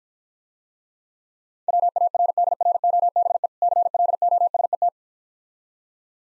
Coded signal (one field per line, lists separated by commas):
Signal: Morse code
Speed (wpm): 52 wpm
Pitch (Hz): 700 Hz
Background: none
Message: WARDROBE CLOSET